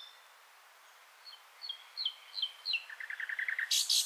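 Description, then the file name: Common nightingale song opening with paired falling whistles, then a fast run of low notes ending in a loud harsh burst. "Luscinia megarhynchos"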